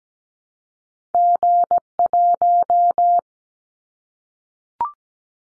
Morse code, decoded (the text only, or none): G1